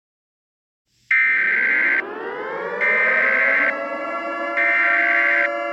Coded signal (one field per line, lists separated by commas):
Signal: Emergency Alert System (SAME) tones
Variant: header bursts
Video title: EAS SCENARIO 18: Elephant E.X.E